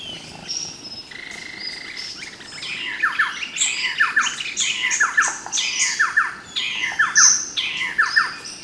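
Bird calls, a chorus of harsh downslurred squawks repeating about once a second from three seconds on, over a busy background of higher chirps and twitters.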